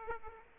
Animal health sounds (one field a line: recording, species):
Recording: mosquito wingbeat signal from an infrared sensor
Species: Aedes aegypti